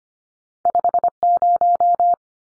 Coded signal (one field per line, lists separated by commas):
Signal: Morse code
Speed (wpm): 25 wpm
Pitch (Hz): 700 Hz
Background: none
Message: 50